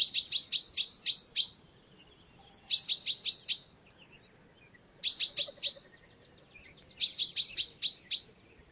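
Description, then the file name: Common chaffinch calling in quick bursts of five or six sharp, high chirps, each burst about a second long and repeated every two seconds, with faint softer notes between. "Fringilla coelebs"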